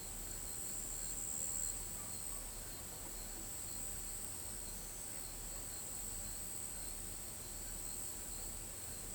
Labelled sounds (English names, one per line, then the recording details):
none
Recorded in pastures near Pivijay, Magdalena, Colombia, on 18 April 2023 at 21:30
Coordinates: 10.456, -74.369
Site P6-G026